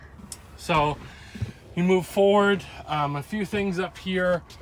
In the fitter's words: it fits right there's a little two little Clips down there pops right in